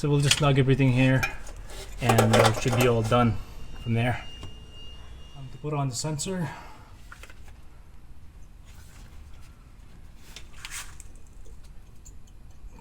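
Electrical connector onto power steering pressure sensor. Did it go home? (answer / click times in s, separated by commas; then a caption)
no / none. Someone talks while lining up an electrical connector on the power steering pressure sensor of a 2007 Honda Odyssey during a power steering high pressure hose replacement. After the talking stops, only small, quiet handling ticks are heard. The connector has not seated or clicked yet.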